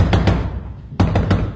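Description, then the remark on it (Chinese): In a 2018 Beijing opera and folk-art performance, someone raps on a door: two quick knocks, a pause of silence, then three more firm knocks in a steady rhythm, with a low hum underneath. “开门呀，你听见了没有？你倒是开门呀，开门呀你！”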